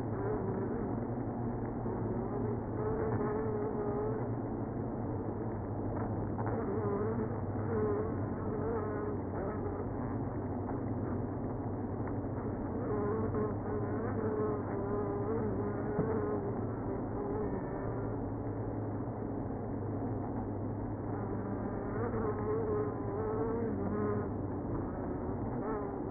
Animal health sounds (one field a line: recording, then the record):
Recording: honeybee colony, microphone inside the hive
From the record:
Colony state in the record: queenless (queen removed)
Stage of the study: after two queens were removed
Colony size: about 60,000 bees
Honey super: yes